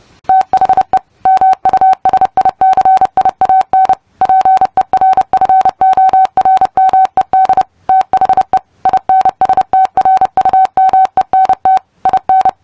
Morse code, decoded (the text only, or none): THE MUSICIAN PERFORMED THE INSTRUMENT IN